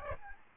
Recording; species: mosquito wingbeat signal from an infrared sensor; Aedes albopictus